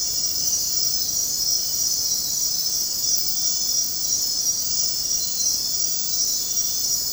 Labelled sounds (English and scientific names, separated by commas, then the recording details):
none
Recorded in dense forest near Puerto Asís, Putumayo, Colombia, on 18 February 2024 at 01:30
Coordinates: 0.503, -76.322
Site G6418